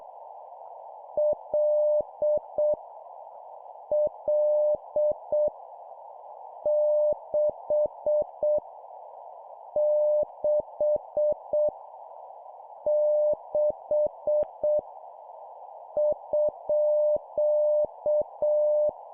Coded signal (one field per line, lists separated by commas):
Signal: Morse code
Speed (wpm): 7 wpm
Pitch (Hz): 600 Hz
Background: none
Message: L L 6 6 6 _